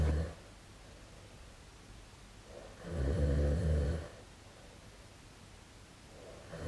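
Deep, rumbling low-pitched snores recur about every three seconds, each lasting around a second, with quiet breathing in between and the next snore starting at the end. This is ordinary snoring during sleep, captured by a phone sleep-tracking app.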